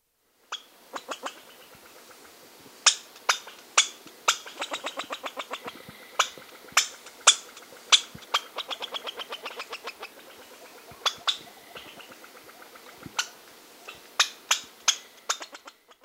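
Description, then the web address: Southern Yungas red squirrel chattering: dry, sharp clicks given singly and in fast rattling trains, with short gaps between bursts. South American rainforest. "Natures Songs S America Mammals of the Rainforest South Yungas Red Squirrel"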